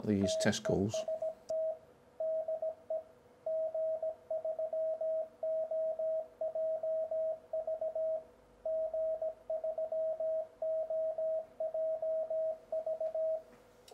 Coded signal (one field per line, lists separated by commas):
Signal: Morse code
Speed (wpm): 17 wpm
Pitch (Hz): 640 Hz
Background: speech, radio noise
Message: TEST DE G3OJV G3OJV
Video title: More HF Tricks - Testing Antennas and Dead Bands